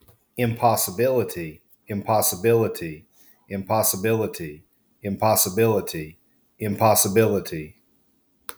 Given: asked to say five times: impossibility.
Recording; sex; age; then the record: repeated word; male; 40 to 49 years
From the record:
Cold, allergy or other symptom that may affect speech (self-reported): no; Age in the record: 46 years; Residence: West Virginia, United States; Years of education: 20